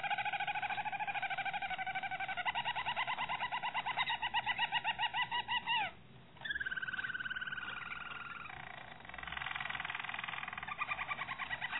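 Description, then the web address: Canary (Harz Roller): canary song: long rolling trills and tours with harmonics, a brief break near six seconds, then a smooth sustained whistled note and more rapid rolls. Harz Roller canary breed. "~joaopt canarios racas canto harzerv"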